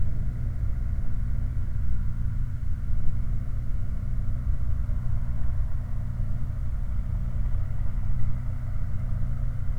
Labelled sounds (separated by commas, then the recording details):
machinery, flare stack
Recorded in the Prudhoe Bay oil fields, Alaska, on 8 July 2019 at 02:08
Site 29